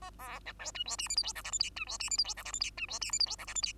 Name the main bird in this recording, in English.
Bengalese Finch